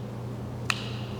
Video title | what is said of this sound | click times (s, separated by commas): XWA: Iron Spear Outfitters Blades Overview | And you can hear it click. | 0.7 s